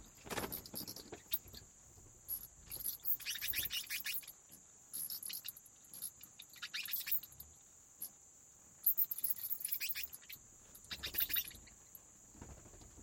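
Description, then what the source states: Bat wings flapping in short scattered bursts of soft, crisp flutter, separated by quiet gaps, with a constant thin high tone underneath. Bats flapping their wings in a cave habitat.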